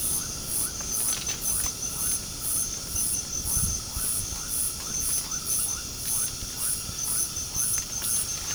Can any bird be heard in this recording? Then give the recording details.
no. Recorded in pastures near Puerto Asís, Putumayo, Colombia, on 21 March 2025 at 22:00. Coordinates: 0.497, -76.327. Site G072